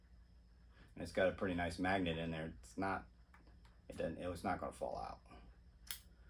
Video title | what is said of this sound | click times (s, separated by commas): Unboxing of the Wera Kraftform Kompakt 27 RA 2 ratcheting screwdriver 2022 | but it snaps right in there and then you can use it | 5.9 s